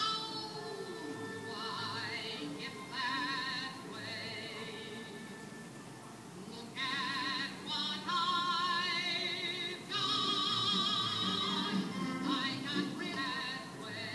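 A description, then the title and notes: A skipping CD plays, its music breaking into short repeated fragments that stutter and jump rather than flowing. Bright, busy tones come in bursts, with sudden cuts around two, seven and ten seconds, over a low murmur. An apparently skipping CD.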